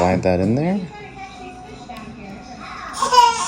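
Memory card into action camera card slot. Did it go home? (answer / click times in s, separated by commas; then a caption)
no / none. A memory card is slid into the card slot of an action camera and lined up, ready to be pushed home with a nail. Someone talks at the start and again near the end, with quiet handling in between. The card has not seated or clicked yet.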